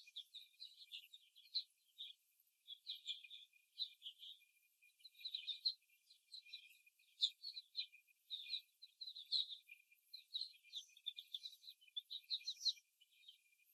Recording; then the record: young laying hens in a cage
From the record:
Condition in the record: before the stressor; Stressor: simulated dog barking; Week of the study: 1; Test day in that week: 2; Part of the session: 4